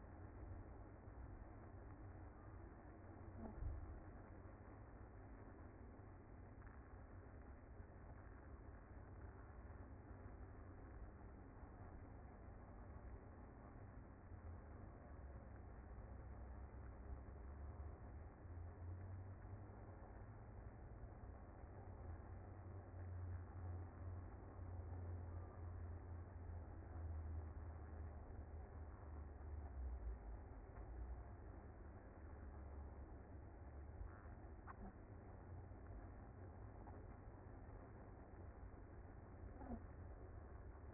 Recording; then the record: honeybee colony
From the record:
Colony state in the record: active